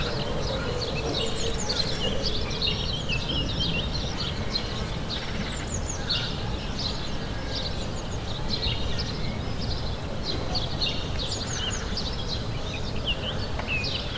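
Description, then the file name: Birds singing and twittering in a dense chorus of quick high notes and trills, with a constant low background rumble. Recorded in the morning. "Morning Birds Ambience"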